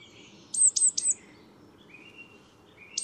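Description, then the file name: Great tit giving three bright, high notes that fall sharply, then thin drawn-out whistles and one more sharp note at the end, over a soft hiss. "Parus major"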